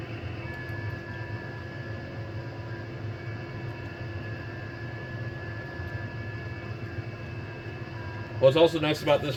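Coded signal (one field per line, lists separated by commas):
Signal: FT8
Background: speech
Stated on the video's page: FT8 on 60m from an Icom IC-756 Pro.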